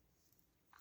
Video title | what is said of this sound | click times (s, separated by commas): Numéro 2 et 3 E.T. | tac on entend bien le câble | 0.8 s